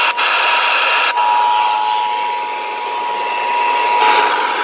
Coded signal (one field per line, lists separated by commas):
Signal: Emergency Alert System (SAME) tones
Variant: 853 and 960 Hz attention tone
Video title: THANKSGIVING DAY EAS Alerts from 11/24/22 (EAS#50 & #58)